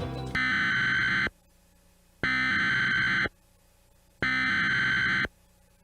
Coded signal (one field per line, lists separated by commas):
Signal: Emergency Alert System (SAME) tones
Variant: header bursts